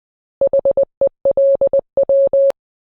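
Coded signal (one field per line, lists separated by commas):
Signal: Morse code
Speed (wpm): 20 wpm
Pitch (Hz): 550 Hz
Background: none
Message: HELW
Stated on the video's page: Fictional EAS scenario using valid tones.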